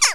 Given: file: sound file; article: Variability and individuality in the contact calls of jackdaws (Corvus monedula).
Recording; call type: jackdaw call; harmonic